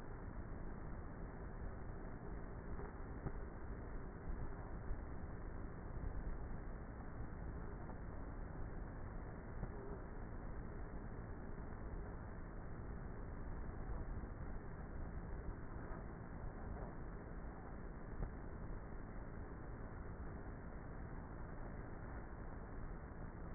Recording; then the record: honeybee colony, microphone inside the hive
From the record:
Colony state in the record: queenless with a low population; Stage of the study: before two queens were removed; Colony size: about 30,000 bees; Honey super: no